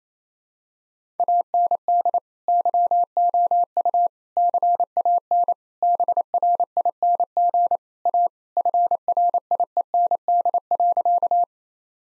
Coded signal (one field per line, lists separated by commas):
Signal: Morse code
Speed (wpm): 28 wpm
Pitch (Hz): 700 Hz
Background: none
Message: AND YOU CAN BRING A FRIEND.